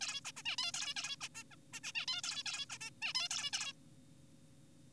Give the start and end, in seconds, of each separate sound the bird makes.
0.01-0.20, 0.25-0.32, 0.36-0.42, 0.46-0.56, 0.58-0.72, 0.74-0.94, 0.96-1.17, 1.21-1.28, 1.35-1.44, 1.51-1.56, 1.73-1.80, 1.84-1.93, 1.95-2.06, 2.08-2.22, 2.24-2.43, 2.46-2.66, 2.70-2.78, 2.81-2.90, 3.02-3.13, 3.15-3.29, 3.31-3.50, 3.53-3.73